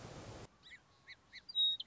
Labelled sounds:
Song Sparrow (Melospiza melodia)

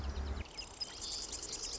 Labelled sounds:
Marsh Wren (Cistothorus palustris)

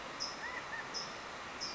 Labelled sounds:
California Quail (Callipepla californica)

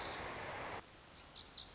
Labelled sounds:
Lazuli Bunting (Passerina amoena)

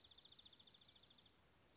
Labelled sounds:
Dark-eyed Junco (Junco hyemalis)

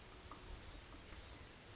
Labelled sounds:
Blue-gray Gnatcatcher (Polioptila caerulea)

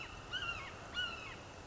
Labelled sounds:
Red-shouldered Hawk (Buteo lineatus)

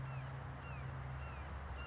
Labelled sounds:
California Towhee (Melozone crissalis)

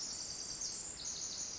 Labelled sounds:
Pacific Wren (Troglodytes pacificus)

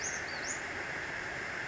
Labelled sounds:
Western Flycatcher (Empidonax difficilis)

